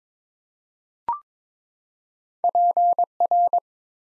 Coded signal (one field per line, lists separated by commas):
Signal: Morse code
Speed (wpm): 22 wpm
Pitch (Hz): 700 Hz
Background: none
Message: PR